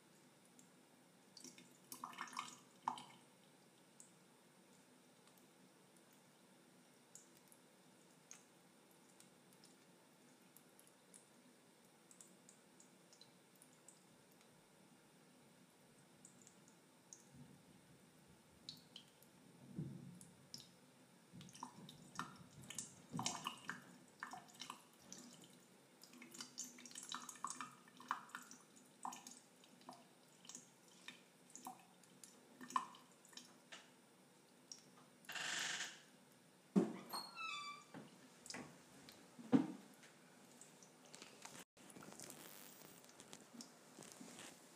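Water trickles and drips onto plastic, with scattered light taps that grow busier after about twenty seconds. The drops land irregularly, some brighter. A sharper splash comes near thirty-six seconds, then another around forty.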